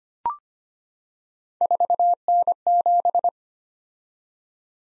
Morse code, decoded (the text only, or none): 4N7